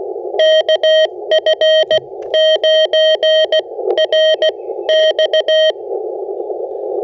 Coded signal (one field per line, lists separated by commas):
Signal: Morse code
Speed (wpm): 16 wpm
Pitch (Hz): 3150 Hz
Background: none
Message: KF9RX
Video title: FT8 POTA Field Setup with some slow CW IC-705 Digital Mode Activation Ham Radio Vertical Antenna